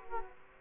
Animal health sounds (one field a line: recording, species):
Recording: mosquito wingbeat signal from an infrared sensor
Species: Culex quinquefasciatus